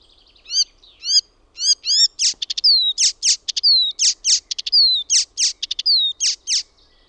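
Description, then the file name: Icterine warbler song: nasal harmonic notes repeated, then loud varied phrases with sharp notes and drawn-out falling whistles. "KULTARINTA"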